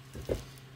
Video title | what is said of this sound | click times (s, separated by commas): Kawasaki Teryx 800 U-joint replacement. | heard it click did | 0.3 s